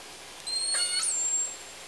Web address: SRKW call-catalog Orca Calls Alwin Audiosamples call S 42